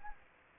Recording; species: mosquito wingbeat signal from an infrared sensor; Anopheles arabiensis